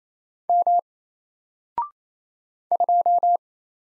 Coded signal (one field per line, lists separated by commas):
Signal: Morse code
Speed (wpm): 27 wpm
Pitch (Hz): 700 Hz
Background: none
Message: M 2